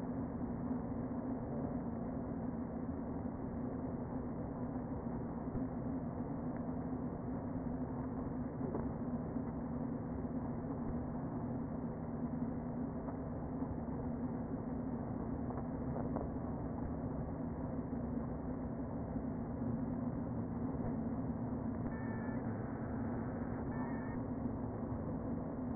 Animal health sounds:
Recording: honeybee colony, microphone inside the hive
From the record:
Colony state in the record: queen present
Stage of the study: before two queens were removed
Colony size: about 60,000 bees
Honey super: yes

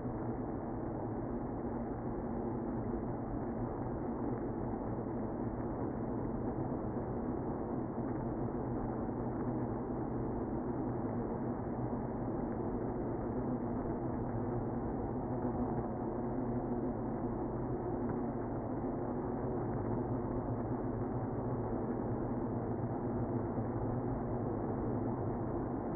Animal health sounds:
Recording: honeybee colony, microphone inside the hive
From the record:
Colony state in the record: queenless (queen removed)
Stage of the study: after two queens were removed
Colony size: about 60,000 bees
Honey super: yes

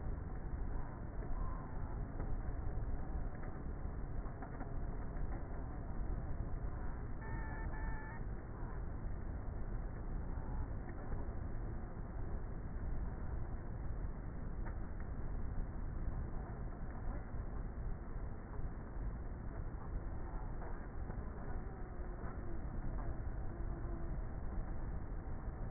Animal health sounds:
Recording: honeybee colony, microphone inside the hive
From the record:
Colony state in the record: queenless with a low population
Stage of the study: before two queens were removed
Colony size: about 30,000 bees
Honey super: no

